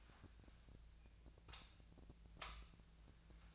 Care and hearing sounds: daily activity, microphone in the room; light off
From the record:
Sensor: 2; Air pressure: 1009.6 hPa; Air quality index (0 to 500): 182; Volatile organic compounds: 11 ppm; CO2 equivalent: 2266 ppm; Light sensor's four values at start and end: 33/86/36/39 and 28/68/29/32

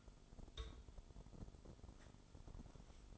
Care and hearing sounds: daily activity, microphone in the room; take from stove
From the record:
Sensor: 5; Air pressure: 988.4 hPa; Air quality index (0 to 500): 204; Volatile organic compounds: 83 ppm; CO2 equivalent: 3629 ppm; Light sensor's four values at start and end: 48/140/55/60 and 48/141/56/61

